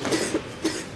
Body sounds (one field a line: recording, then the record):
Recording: coughing mixed with background sound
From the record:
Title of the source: 55 gaggy wet cough